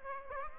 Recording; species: mosquito wingbeat signal from an infrared sensor; Aedes aegypti